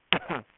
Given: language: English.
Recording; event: throat vibration sensor signal played as sound; cough